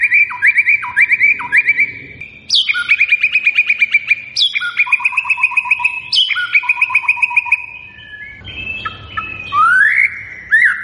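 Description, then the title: White-rumped shama song, loud varied whistled phrases, each opening with a high downward sweep and followed by fast trilled runs, ending with rising slurred whistles. Lure recording of a vigorously singing white-rumped shama, meant to make birds respond. "PANCINGAN MURAI BATU GACOR"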